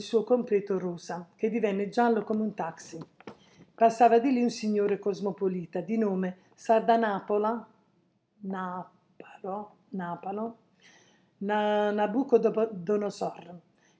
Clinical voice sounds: read passage; Italian; female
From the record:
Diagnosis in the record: healthy control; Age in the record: 69 years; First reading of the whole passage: 57 s, 9.1 characters per second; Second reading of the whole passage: 50 s, 10.4 characters per second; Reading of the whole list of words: 47 s, 6.0 characters per second

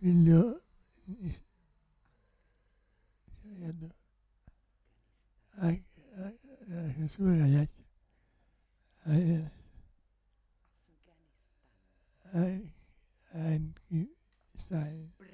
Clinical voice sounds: read passage; Italian; male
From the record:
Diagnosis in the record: Parkinson's disease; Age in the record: 65 years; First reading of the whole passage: 164 s, 3.2 characters per second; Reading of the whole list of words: 151 s, 1.9 characters per second

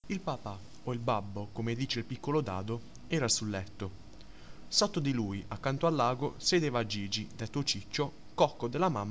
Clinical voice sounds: read passage; Italian; male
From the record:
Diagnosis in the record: healthy control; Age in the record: 19 years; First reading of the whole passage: 43 s, 12.0 characters per second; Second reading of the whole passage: 41 s, 12.5 characters per second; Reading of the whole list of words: 37 s, 7.7 characters per second

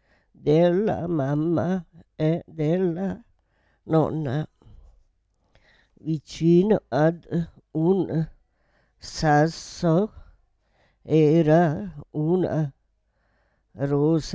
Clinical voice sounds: read passage; Italian; female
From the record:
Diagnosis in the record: Parkinson's disease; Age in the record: 78 years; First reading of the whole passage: 164 s, 3.2 characters per second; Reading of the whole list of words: 108 s, 2.6 characters per second

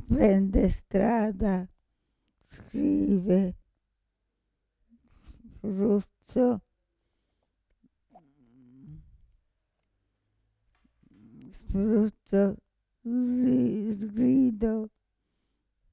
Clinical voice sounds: read list of words; Italian; female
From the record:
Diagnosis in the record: Parkinson's disease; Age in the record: 65 years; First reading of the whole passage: 242 s, 2.1 characters per second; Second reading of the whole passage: 180 s, 2.9 characters per second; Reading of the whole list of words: 168 s, 1.7 characters per second

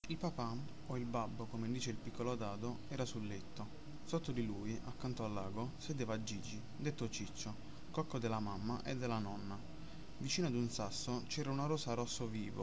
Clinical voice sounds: read passage; Italian; male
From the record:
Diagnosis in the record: healthy control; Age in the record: 20 years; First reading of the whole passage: 46 s, 11.2 characters per second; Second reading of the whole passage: 43 s, 12.0 characters per second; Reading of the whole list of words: 38 s, 7.5 characters per second

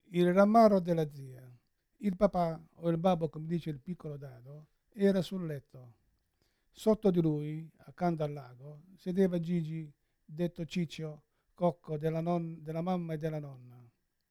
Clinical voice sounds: read passage; Italian; male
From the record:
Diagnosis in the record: Parkinson's disease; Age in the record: 71 years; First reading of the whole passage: 60 s, 8.7 characters per second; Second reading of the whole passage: 57 s, 9.1 characters per second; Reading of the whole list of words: 54 s, 5.3 characters per second

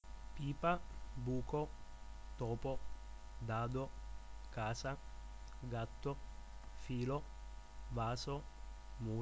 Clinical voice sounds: read list of words; Italian; male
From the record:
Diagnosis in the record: healthy control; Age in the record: 21 years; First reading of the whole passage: 51 s, 10.2 characters per second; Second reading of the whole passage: 47 s, 11.0 characters per second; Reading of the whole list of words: 60 s, 4.7 characters per second

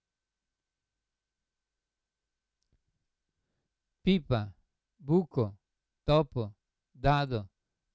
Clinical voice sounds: read list of words; Italian; male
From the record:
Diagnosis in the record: Parkinson's disease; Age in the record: 75 years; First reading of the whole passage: 62 s, 8.3 characters per second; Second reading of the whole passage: 57 s, 9.2 characters per second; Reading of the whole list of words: 53 s, 5.3 characters per second

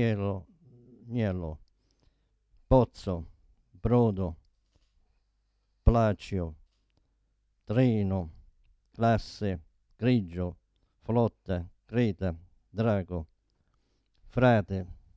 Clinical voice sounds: read list of words; Italian; male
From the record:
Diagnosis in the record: Parkinson's disease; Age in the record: 72 years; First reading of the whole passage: 118 s, 4.4 characters per second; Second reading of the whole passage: 99 s, 5.2 characters per second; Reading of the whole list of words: 88 s, 3.2 characters per second

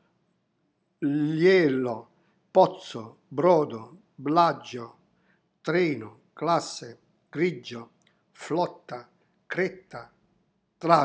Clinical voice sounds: read list of words; Italian; male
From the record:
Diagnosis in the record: healthy control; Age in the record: 70 years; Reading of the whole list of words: 64 s, 3.8 characters per second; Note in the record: marked for poor recording quality or reading difficulty

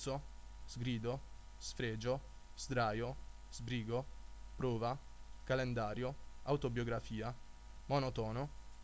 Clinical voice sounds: read list of words; Italian; male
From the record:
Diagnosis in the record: healthy control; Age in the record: 20 years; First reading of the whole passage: 41 s, 12.5 characters per second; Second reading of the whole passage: 40 s, 12.9 characters per second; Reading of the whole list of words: 46 s, 6.1 characters per second

